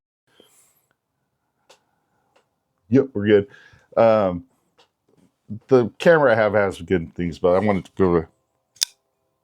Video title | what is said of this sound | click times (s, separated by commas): The Tranchodon from Shieldon knives. Let's see how this larger folder holds up! | Yeah, you hear that nice click noise, right? | 8.8 s